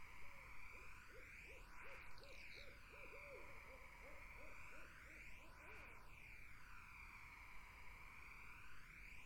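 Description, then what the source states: Barred owl delivering a long, fast run of low hoots over a constant hiss with swirling bands. Several barred owls in a summer wetland.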